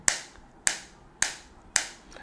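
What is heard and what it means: The plastic hinged lid of a ₹299 wireless earbud charging case, a low-cost AirPods Pro 3 copy, is opened and snapped shut several times to demonstrate it. Four sharp, bright clicks ring out at 0.1, 0.7, 1.2 and 1.8 seconds, each with a short decaying tail, and much fainter ticks are heard between them. The lid snaps shut firmly each time.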